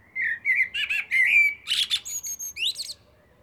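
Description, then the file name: Common blackbird song phrase, with rich fluting notes followed by a burst of high, squeaky twitter. "Turdus merula"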